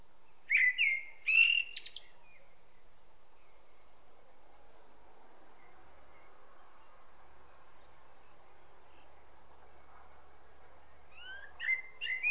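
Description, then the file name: Common blackbird giving a warbled whistled phrase at the start, then a long quiet gap before a second short fluted phrase at the very end. "Turdus merula"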